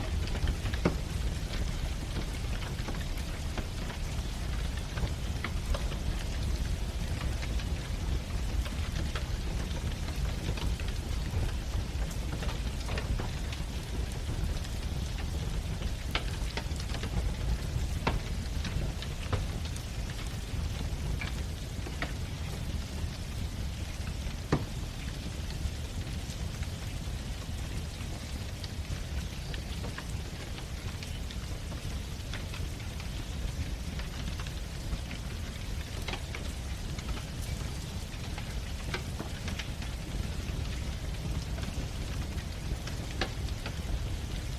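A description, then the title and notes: Rain against the window runs steadily through all forty-five seconds, a dense, even wash with a strong low rumble underneath. Sharp little clicks and pops scatter across it irregularly, like fireplace crackles, a few each second, with no pauses or changes in level. Cozy Halloween Night Ambience | Fireplace Sounds and Rain On The Window. This Halloween ambience has relaxing rain against the window and crackling fireplace sounds.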